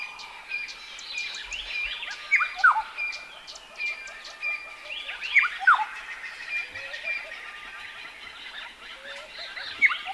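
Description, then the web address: Black-headed oriole, a few clear downslurred whistled notes, set against a chorus of other chirping birds. "black headed oriole calling"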